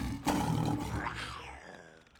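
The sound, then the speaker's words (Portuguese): A single loud, deep roar from Alex, the zoo lion, in an animated cartoon, bursts in after a brief pause, rough and growling with rich low tones, then slowly fades out over about two seconds. “Sou eu, Alex, o leão do zoo.”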